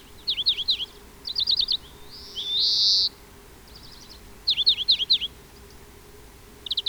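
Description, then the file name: European greenfinch calls: twittering note groups interrupted by one long nasal wheeze, then more twitters. "Chloris chloris"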